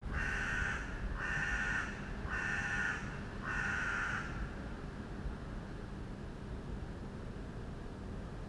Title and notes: Corvus cornix by amrok